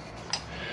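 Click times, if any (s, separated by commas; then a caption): 0.3 s. A piston retaining circlip on the clutch master cylinder of a 2003 Honda VFR800 VTEC is gently pushed down with a screwdriver into the internal groove of the cylinder bore. A short, sharp click at 0.3 seconds rises above a low steady background as the circlip snaps into the groove, leaving it fully seated and engaged.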